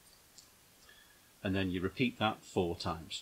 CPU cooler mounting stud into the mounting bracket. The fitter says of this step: furthest away and then i'm going to push it down and you hear an audible click